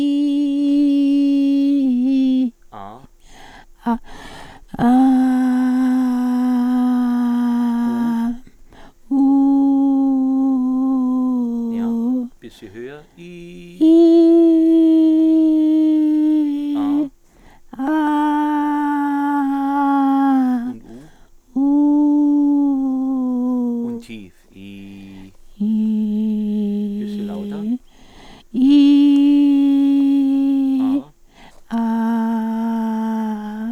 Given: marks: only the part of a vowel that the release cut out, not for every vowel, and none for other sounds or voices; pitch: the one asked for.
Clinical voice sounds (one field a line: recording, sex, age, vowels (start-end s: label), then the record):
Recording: sustained vowels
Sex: female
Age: 70 to 79 years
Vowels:
0.00-1.76 s: vowel /i/, normal pitch
14.25-16.00 s: vowel /i/, high pitch
18.14-19.66 s: vowel /a/, high pitch
21.63-22.66 s: vowel /u/, high pitch
25.68-26.69 s: vowel /i/, low pitch
31.84-33.27 s: vowel /a/, low pitch
From the record:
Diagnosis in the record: recurrent laryngeal nerve paralysis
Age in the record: 79 years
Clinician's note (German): Links, komplette Form ohne Kompensation, dazu Dysphagie